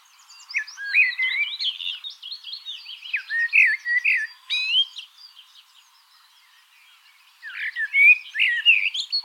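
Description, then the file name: Common blackbird singing continuous mellow warbles mixed with squeaky high notes, a quiet gap near the middle, then another rich phrase. "Turdus merula"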